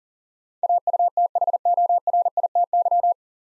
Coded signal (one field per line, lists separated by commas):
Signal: Morse code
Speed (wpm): 40 wpm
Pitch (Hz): 700 Hz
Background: none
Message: AUTHORITY